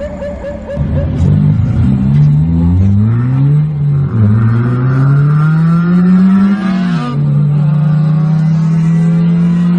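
A car engine revs loudly, its pitch climbing in several upward sweeps with brief dips between them before settling into a steady, sustained drone.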